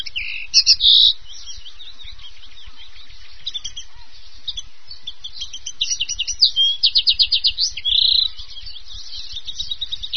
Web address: wroblowe fringillidae ccannabina